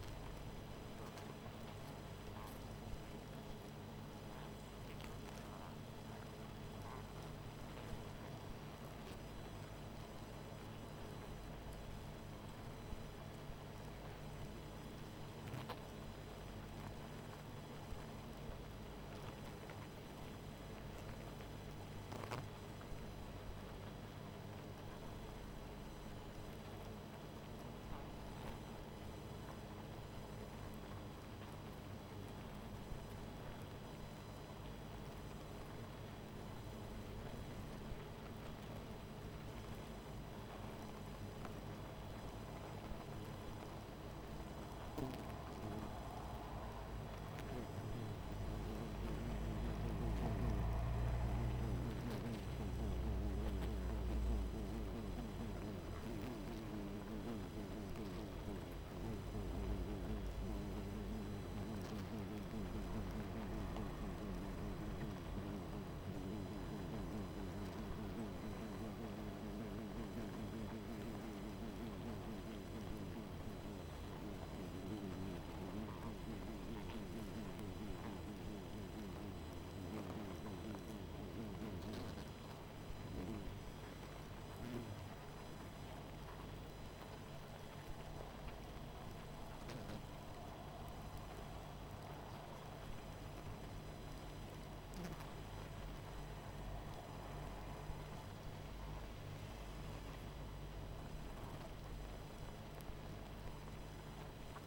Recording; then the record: honeybee colony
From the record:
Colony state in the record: missing queen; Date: 14 July 2017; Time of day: 20:08